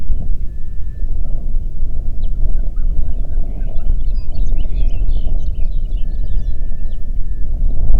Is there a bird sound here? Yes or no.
yes